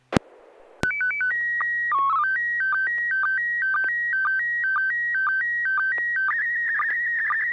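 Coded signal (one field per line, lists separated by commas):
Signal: SSTV (slow-scan television)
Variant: PD 120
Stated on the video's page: Weekly SSTV net on an FM repeater on 441.300 MHz in Sacramento, CA.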